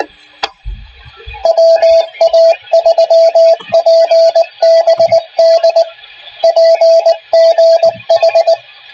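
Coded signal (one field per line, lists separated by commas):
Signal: Morse code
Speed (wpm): 20 wpm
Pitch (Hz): 660 Hz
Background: radio noise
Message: WA3PBD PGH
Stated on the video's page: Heard during a weekly club net night.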